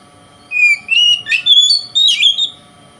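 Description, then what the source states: Oriental magpie-robin song: after a brief silence, a lively run of rising whistles and harsher chattering notes. Song style called kacer konslet in the Indonesian title.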